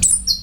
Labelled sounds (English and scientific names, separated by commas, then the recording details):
Stitchbird (Notiomystis cincta) song
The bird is a male
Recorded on Tiritiri Matangi Island, New Zealand, in 2005
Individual 21, of nest box 30